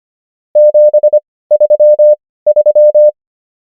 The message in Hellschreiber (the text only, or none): none